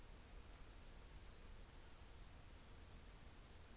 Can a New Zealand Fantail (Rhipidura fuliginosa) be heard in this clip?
no